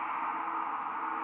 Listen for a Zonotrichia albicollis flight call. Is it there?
no